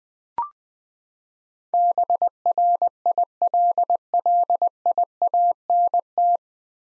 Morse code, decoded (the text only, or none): BRILLIANT